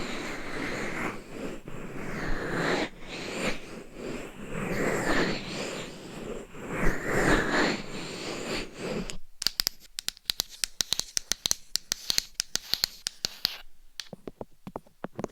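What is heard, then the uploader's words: Binaural scratching and rubbing against a dummy head mic fills the first nine seconds, a dense, rustling texture that swells and eases in strokes. Near the nine-second mark it turns to crisp, rapid tapping: sharp, bright clicks in quick irregular bursts, with brief quiet gaps. Binaural Dummy Head Mic Scratching , Massage & Tapping.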